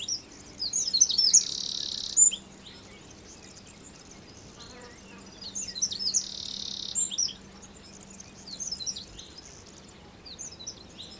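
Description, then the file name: Eurasian wren: vigorous high trilling song with a buzzing rattle near the start, a second similar phrase midway, then softer scattered high notes over a low background hum. "Troglodytes troglodytes"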